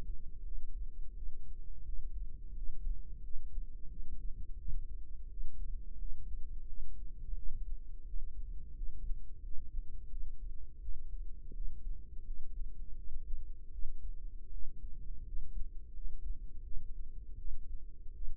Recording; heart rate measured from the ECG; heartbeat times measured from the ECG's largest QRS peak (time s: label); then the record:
heart sounds by microphone in the right ear; 85 bpm
0.43 s: heartbeat
1.14 s: heartbeat
1.83 s: heartbeat
2.53 s: heartbeat
3.20 s: heartbeat
3.87 s: heartbeat
4.56 s: heartbeat
5.28 s: heartbeat
5.97 s: heartbeat
6.65 s: heartbeat
7.34 s: heartbeat
8.04 s: heartbeat
8.74 s: heartbeat
9.40 s: heartbeat
10.08 s: heartbeat
10.79 s: heartbeat
11.52 s: heartbeat
12.23 s: heartbeat
12.94 s: heartbeat
13.70 s: heartbeat
14.49 s: heartbeat
15.23 s: heartbeat
15.92 s: heartbeat
16.62 s: heartbeat
17.36 s: heartbeat
18.12 s: heartbeat
From the record:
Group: healthy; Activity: cold pressor test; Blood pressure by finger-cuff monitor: 76/39 mmHg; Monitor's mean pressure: 55 mmHg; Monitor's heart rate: 85 bpm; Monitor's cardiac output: 8.7 L/min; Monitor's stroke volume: 102 mL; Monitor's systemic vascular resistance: 430 dyn s/cm5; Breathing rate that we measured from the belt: 19 breaths a minute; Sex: female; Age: 22 years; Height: 161 cm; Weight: 65.5 kg